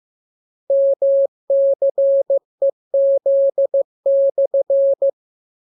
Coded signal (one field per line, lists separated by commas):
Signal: Morse code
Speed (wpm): 15 wpm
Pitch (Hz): 550 Hz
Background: none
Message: MCEZ/